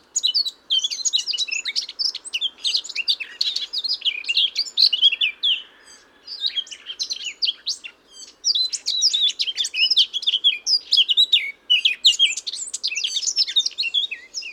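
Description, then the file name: Eurasian blackcap giving long bursts of dense, hurried warbling, varied high notes tumbling together, with brief gaps between the outpourings. "Sylvia atricapilla"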